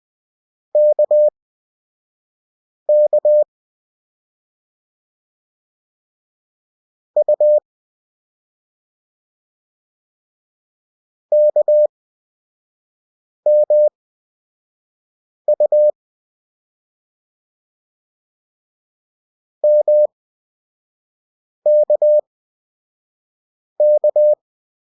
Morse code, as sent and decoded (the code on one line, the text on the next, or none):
-.- -.- / ..- / -.- -- ..- / -- -.- -.-
KK U KMU MKK